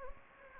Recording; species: mosquito wingbeat signal from an infrared sensor; Anopheles gambiae